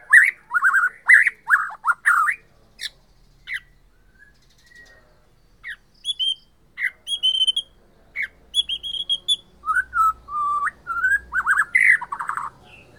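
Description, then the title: White-rumped shama song: rich whistled phrases, a pause, then sharp high chips and a run of rising and falling whistles near the end. Borneo form. "MURAI BORNEO MAS KIKI"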